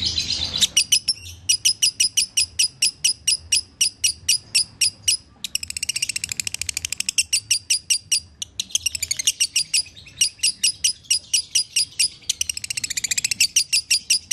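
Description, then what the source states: Lovebird song of high, shrill chirps repeated rapidly, switching several times between steady chip series and fast buzzy rattles. Lovebird masteran (training) track in the konslet singing style.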